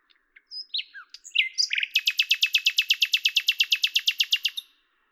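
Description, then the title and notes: Common nightingale song: a few varied notes, then a long, fast, even trill of many loud repeated chirps. Recorded at Lavours, France, on 10/05/1998 with a Tascam DAP-1 and a Télingua microphone; processed in Samplitude 5.1. "rossignol à LAVOURS. D83, 01350 Lavours, France. 10/05/1998"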